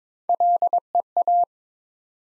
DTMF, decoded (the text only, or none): none